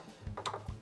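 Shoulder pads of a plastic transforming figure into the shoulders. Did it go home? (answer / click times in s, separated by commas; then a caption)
yes / 0.4 s, 0.5 s. The shoulder pads of a plastic transforming figure are flipped up into the shoulders, giving a sharp double click at 0.4 s and 0.5 s as they snap into place. The pads are confirmed seated.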